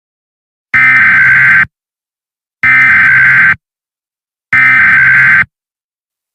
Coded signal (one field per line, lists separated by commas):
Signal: Emergency Alert System (SAME) tones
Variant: header bursts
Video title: EAS Scenario #2: Rocked